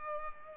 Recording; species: mosquito wingbeat signal from an infrared sensor; Culex pipiens